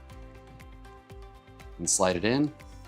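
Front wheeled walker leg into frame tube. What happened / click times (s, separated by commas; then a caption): The leg is being slid in but has not clicked home yet / none. A front wheel leg tube of an MD by Drive Air-Go folding walker with seat is being slid into the matching walker frame tube while its snap button is pressed. Background music plays with a few faint handling taps, and someone talks near the end. Nothing has seated or clicked yet.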